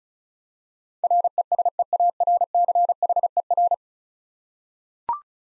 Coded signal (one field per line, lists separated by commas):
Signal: Morse code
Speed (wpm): 36 wpm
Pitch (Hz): 700 Hz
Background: none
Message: RESEARCHER